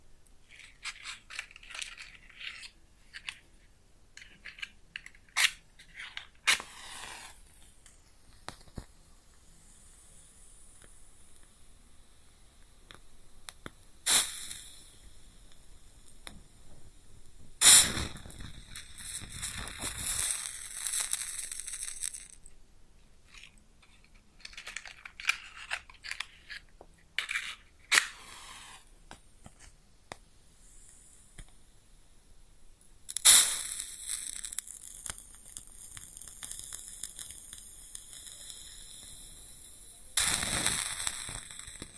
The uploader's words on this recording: ASMR Close Up Matching LightingExtinguishing Fire Crackles & Sizzles (No Talking).